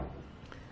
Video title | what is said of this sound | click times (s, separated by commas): etrailer - Review of Curt Gooseneck - Below the Bed - C607-649 | release your hand and the dual pins will go in to lock it into place and then | 0.5 s